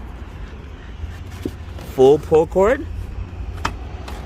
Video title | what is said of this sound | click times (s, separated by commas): Q50 retrofit rear folding seat conversion | You hear the latch? It unlatched. | 3.6 s